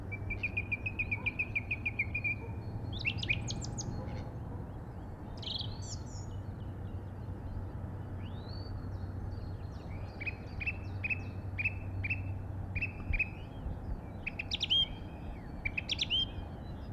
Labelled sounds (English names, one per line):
Song Thrush song